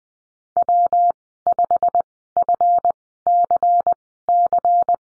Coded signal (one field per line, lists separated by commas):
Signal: Morse code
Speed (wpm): 20 wpm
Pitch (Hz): 700 Hz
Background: none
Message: W5FCC